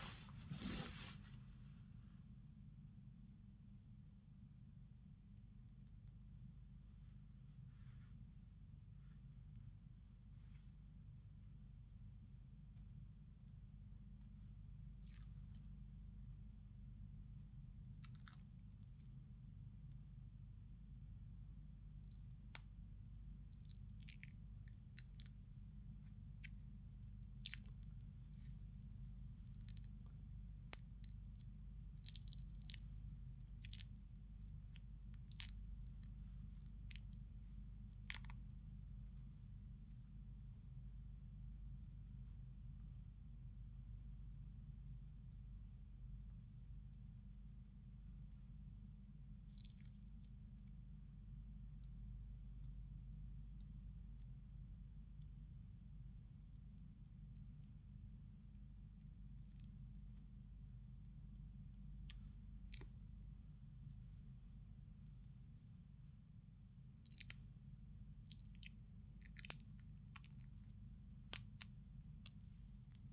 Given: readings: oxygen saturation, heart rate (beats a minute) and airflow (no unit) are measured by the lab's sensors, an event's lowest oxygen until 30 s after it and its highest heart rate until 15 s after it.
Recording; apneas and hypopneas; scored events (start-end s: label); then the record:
a person awake in a sleep study, by a smartphone at the bedside; none
0.00-73.13 s: awake
From the record:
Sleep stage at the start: awake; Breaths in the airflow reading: 30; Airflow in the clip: -0.7 to 0.7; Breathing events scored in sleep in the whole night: 270 in 6.1 hours asleep